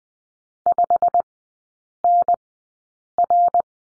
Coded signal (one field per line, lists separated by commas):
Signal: Morse code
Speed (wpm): 20 wpm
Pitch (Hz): 700 Hz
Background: none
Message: 5NR